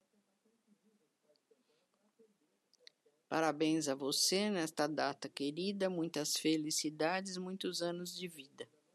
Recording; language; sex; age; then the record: short text; Brazilian Portuguese; female; 70 to 79 years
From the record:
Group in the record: control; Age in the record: 75 years